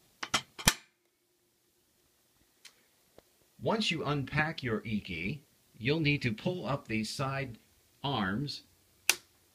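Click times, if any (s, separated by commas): 9.1 s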